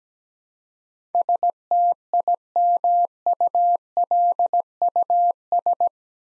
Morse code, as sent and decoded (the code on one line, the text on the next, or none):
... - .. -- ..- .-.. ..- ...
STIMULUS